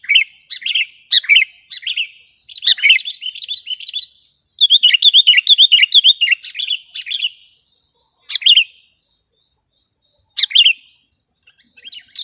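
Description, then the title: Sooty-headed bulbul song: loud chirps and bubbly warbled phrases, a dense rapid twittering run in the middle, then spaced single chirps with pauses. "kutilang"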